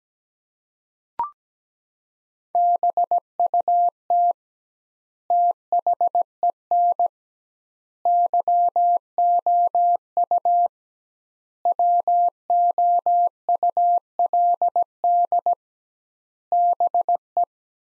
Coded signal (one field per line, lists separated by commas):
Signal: Morse code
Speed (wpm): 17 wpm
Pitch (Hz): 700 Hz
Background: none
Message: BUT THEN YOU WOULD BE